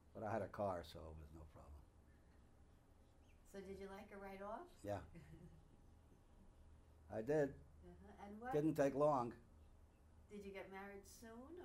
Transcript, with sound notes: but I had a car, so it was no problem.
So did you like her right off?
Yeah. (She laughs) I did.
Uh-huh. And what...
Didn't take long.
Did you get married soon or...